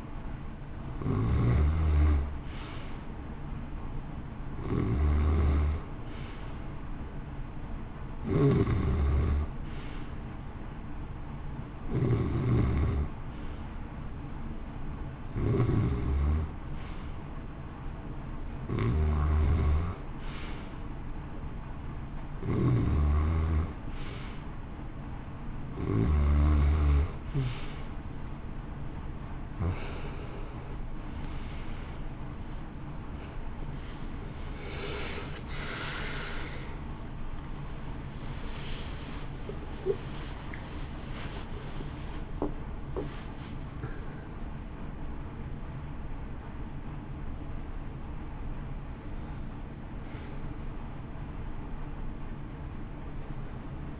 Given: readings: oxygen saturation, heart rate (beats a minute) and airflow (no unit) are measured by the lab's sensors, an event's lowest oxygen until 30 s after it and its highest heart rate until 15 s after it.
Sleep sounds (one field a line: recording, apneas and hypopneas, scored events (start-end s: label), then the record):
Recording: a person awake in a sleep study, by a smartphone at the bedside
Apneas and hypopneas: 1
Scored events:
15.00-34.10 s: hypopnea (N2, oxygen 93% highest, then 92% lowest, heart rate 57 at the start, 71 highest)
25.00-54.00 s: new sleep stage, awake
26.00-54.00 s: awake
From the record:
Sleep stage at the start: N2 (light sleep)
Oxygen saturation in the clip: 91 to 94%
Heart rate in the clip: 57 to 71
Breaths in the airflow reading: 13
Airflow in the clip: -1.3 to 1.9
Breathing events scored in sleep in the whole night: 328 in 6.3 hours asleep